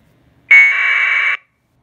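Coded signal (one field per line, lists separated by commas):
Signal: packet radio (AX.25, as in APRS)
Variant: 1200 baud AFSK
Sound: one short harsh warbling data burst, under a second, after a brief buzzy tone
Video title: AnyTone D878 APRS TEST - Analog and Digital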